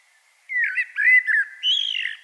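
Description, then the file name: Common blackbird, a brief mellow warble of soft, gurgling whistled notes rising slightly toward the end. "Turdus merula"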